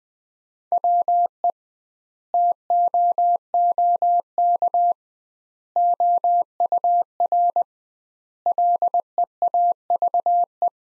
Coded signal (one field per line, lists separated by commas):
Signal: Morse code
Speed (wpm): 20 wpm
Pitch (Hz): 700 Hz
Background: none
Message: WE TOOK OUR LEAVE